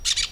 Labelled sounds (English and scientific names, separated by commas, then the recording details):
Brown-throated Parakeet (Eupsittula pertinax) contact call
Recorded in Venezuela
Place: PN Cerro Saroche, Tierras del Sr. Polo, Edo. Lara
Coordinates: 10.171, -69.518